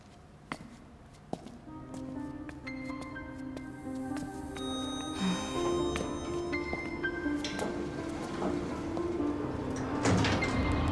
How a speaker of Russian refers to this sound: Двери лифта открываются.